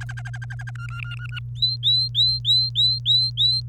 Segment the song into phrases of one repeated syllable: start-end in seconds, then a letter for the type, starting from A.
0.01-0.71 A, 0.75-1.39 B, 1.55-3.61 C